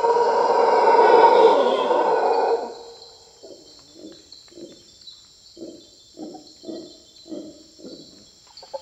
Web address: Natures Songs S America Primates of the Rainforest Mantled howler monkey